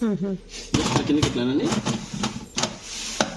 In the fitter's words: Tick మన sound వచ్చింది చూడండి.